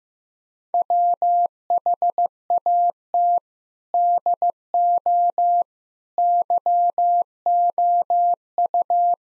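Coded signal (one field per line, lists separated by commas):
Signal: Morse code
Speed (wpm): 15 wpm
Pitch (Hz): 700 Hz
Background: none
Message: WHAT DO YOU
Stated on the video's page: Morse practice sentences containing common three-word phrases at 15 wpm for head copy.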